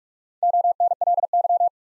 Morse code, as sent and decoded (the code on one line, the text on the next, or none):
--- -. .-.. -.--
ONLY